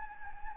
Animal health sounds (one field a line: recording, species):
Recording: mosquito wingbeat signal from an infrared sensor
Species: Anopheles gambiae